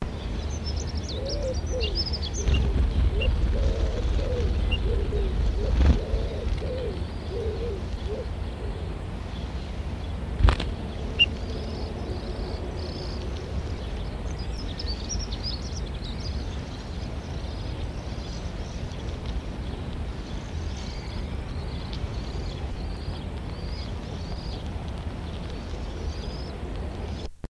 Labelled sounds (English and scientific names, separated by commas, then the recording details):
Eurasian Bullfinch (Pyrrhula pyrrhula) call
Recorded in captivity
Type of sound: call
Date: 1974-06-26
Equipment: Halbspur, 9,5 cm/s
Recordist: Lütgens, Hans
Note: 12tägige Gimpel werden gefüttert, bei Dr. "Utorf" (?)